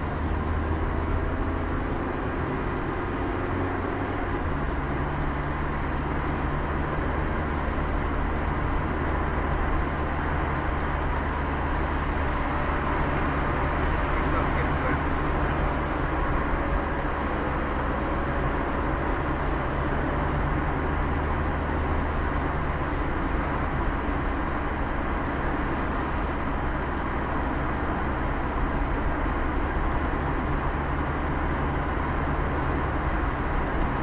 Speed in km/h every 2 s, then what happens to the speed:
65, 64, 66, 67, 67, 64, 64, 61, 58, 56, 51, 46, 43, 39, 39, 38, 30.
0-7 steady at about 65. 7-26 slows to 39. 30-34 slows to 30.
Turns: none.